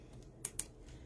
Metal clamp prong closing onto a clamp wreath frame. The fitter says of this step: just listen for the little click.